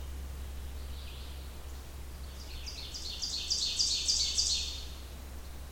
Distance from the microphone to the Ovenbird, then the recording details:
about 45 m. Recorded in boreal forest in Alberta, Canada, on 28 June 2016 at 07:20. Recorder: SongMeter 3, array SBT-6-79. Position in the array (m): 2 m, 94 m. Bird 40